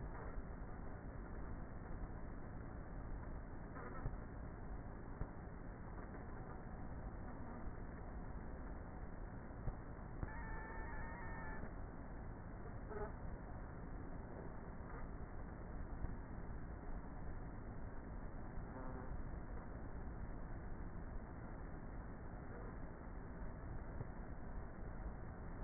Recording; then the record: honeybee colony, microphone inside the hive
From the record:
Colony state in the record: queenless with a low population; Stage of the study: before two queens were removed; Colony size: about 30,000 bees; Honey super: no